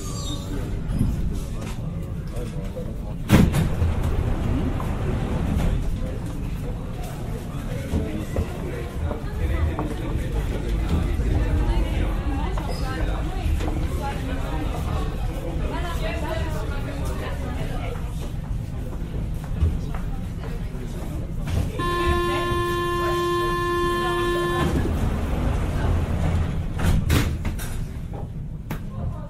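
Paris Métro ride with a steady low rumble and murmured voices, a sharp clack near 3 seconds, and a rising electronic tone around 22–25 seconds.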